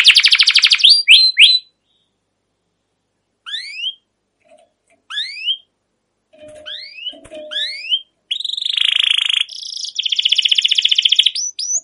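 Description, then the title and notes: Canary song in bursts: a trill opening, scattered rising chirps with pauses, then a long buzzy roll. Long continuous chirping and rolling song, used as a lure to stimulate young canaries to sing and learn sounds. "CUIT CUIT NGEROL LANGSUNG GACOR PANJANG Kenari Ini AMPUH utk Pancingan KENARI PAUD BELAJAR BUNYI. burung kenari"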